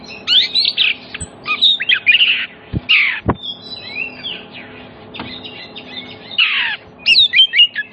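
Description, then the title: Oriental magpie-robin song of loud whistles and harsh rasping notes in uneven bursts, with a few sharp clicks or knocks between phrases; faint hum behind. Kacer song played as a lure so that other magpie-robins answer and sing well within about five minutes, meant for birds that have stopped singing. "Cukup Hitungan Menit Kacer Lain Bisa Bunyi. CUKUP 5 Menit Kacer LAIN NYAUT JADI GACOR, PANCINGAN KACER MACET BUNYI"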